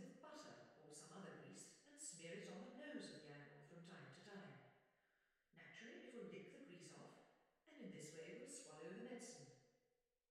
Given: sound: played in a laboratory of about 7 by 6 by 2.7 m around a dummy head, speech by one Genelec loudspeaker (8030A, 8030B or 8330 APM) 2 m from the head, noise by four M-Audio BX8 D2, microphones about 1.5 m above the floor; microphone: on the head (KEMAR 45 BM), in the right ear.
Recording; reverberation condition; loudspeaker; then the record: female speech in English; high; 120 degrees to the left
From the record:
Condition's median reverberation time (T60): about 1300 ms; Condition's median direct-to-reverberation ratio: about -4.0 dB